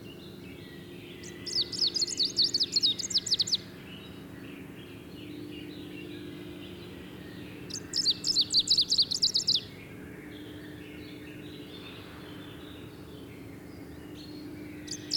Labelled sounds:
Greenish Warbler song

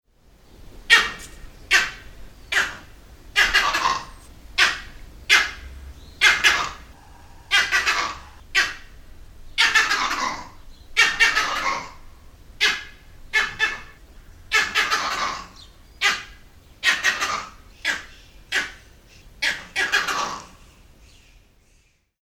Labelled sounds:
Grivet

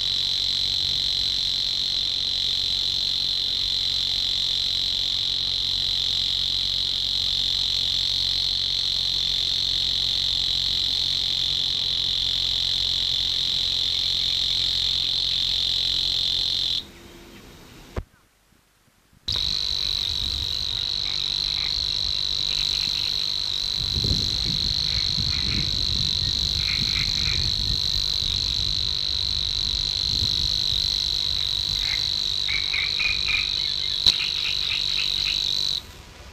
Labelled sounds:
Savi's Warbler song

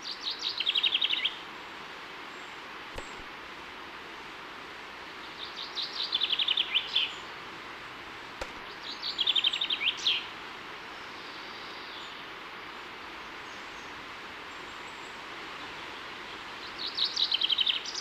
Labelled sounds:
Common Chaffinch song

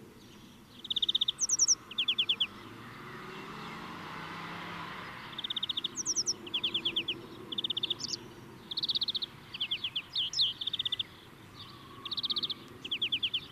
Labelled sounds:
European Greenfinch song

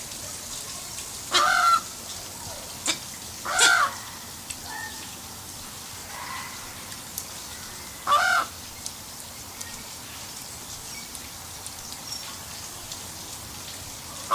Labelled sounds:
African Spoonbill call

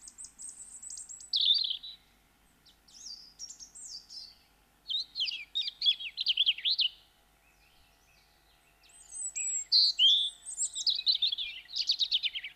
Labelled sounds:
European Robin song

